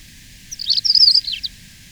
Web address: Natures Songs S America Birds of Ecuador Paramo Pipit